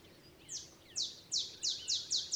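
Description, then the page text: Olive sparrow song beginning with slow, evenly spaced high chip notes gradually drawing closer together, over constant low background noise. Olive sparrow's simple songs, reminiscent of a field sparrow's bouncing-ball song; recorded early morning in Texas, 50 miles north of the Mexican border. "Birdsong for the Curious Naturalist. songs Olive Sparrow. Recording early morning just 50 miles north of the Mexican border in Texas"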